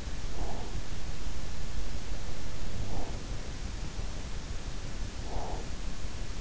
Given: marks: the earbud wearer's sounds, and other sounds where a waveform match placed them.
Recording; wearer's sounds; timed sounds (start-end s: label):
sounds in sleep by an in-ear microphone; breath
0.00-1.31 s: breath
2.22-3.83 s: breath
4.71-6.14 s: breath